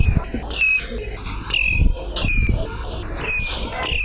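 Birds sing in the countryside in a steady pattern of bright, descending whistled notes, repeating about once a second alongside quicker high chirps, over a constant low rumble.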